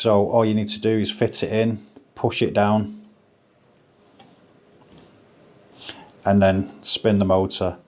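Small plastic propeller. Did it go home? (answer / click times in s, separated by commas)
no / none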